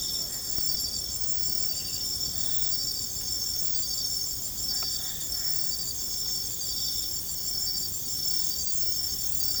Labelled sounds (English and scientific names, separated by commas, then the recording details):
none
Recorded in secondary vegetation near Puerto Asís, Putumayo, Colombia, on 22 December 2024 at 22:00
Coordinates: 0.468, -76.324
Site G095